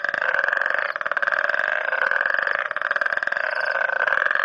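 Frog producing an almost unbroken buzzy, pulsing croak, rattling steadily with only slight dips in loudness.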